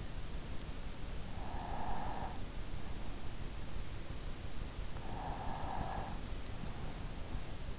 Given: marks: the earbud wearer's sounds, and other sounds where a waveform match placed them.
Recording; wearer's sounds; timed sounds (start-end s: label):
sounds in sleep by an in-ear microphone; breath
1.66-2.80 s: breath
5.03-6.57 s: breath